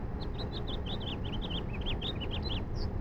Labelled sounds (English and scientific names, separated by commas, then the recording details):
House Finch (Haemorhous mexicanus) song
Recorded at Valley Stream on Long Island, New York, on 17 June 1975
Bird AD